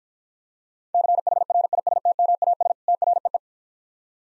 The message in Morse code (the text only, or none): CHRISTMAS TREE